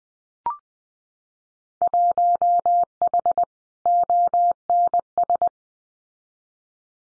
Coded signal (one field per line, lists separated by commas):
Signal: Morse code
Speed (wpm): 20 wpm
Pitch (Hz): 700 Hz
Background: none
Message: 1H ONS